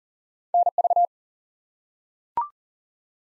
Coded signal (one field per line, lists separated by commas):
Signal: Morse code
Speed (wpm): 42 wpm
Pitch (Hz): 700 Hz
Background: none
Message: NV